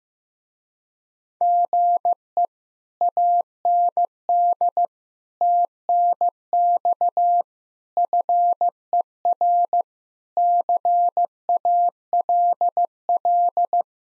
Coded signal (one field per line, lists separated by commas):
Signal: Morse code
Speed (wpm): 15 wpm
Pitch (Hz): 700 Hz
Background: none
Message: GE AND TNX FER CALL